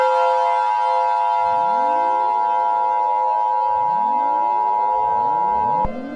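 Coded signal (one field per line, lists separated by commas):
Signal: Emergency Alert System (SAME) tones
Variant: 853 and 960 Hz attention tone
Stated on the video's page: Fictional EAS scenario, not a real alert.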